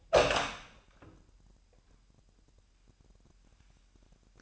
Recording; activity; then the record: daily activity, microphone in the room; open door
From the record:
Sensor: 2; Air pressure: 998.3 hPa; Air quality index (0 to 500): 135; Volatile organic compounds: 3 ppm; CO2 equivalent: 1526 ppm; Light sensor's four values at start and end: 12/34/14/14 and 12/34/14/14